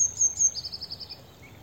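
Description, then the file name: Eurasian blue tit giving two or three high, thin notes that run into a short, dry, buzzy trill, with soft low background noise. "Cyanistes caeruleus"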